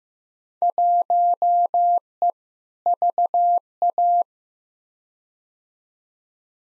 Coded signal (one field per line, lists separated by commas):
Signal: Morse code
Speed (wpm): 15 wpm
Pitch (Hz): 700 Hz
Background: none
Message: 1E VA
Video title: Field Day Exchange v2 - 15wpm